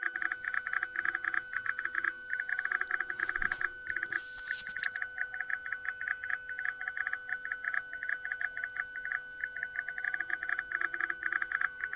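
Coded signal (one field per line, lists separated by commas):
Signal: PSK31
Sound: a steady warbling tone near 1.5 kHz with fast irregular clicking bursts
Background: radio hiss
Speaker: this shouldn't take way too long same consideration it's actually transmitting over the BAL thing right now it is receiving by the FTM 100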